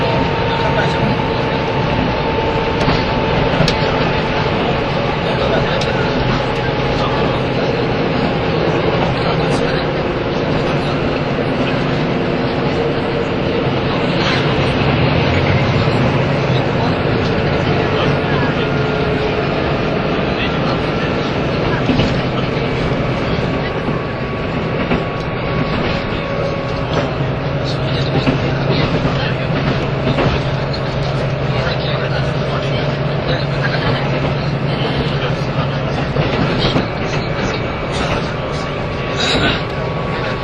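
A train's running sound recorded from inside a carriage: a dense, steady rumble of wheels and motor with faint whining tones that slowly rise and fall. A low tone swells around the fifteenth second, and muffled voices drift in the background.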